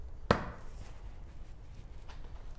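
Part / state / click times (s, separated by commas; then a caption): mop head into its locked position on the mop pole / seated / 0.3 s. The plastic head of an In And Out mop is flipped into its working position on the mop pole and snaps into its locked position with one sharp click at 0.3 s. After the click only low background noise is heard, and the mop head is seated and ready to use.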